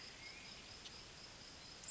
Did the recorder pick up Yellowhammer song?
no